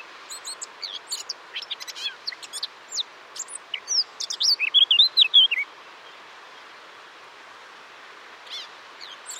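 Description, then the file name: Eurasian blackcap song: rapid chattering high notes leading into a burst of loud, fluty whistles, then quiet with only a few faint notes. "Sylvia atricapilla"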